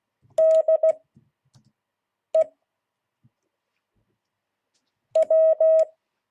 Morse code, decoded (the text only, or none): DE W